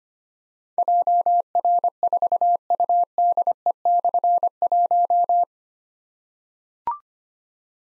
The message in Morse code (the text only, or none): JR4UDE/1